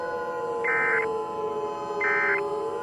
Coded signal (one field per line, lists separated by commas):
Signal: Emergency Alert System (SAME) tones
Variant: end-of-message bursts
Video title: Nuclear Contamination: An EAS Scenario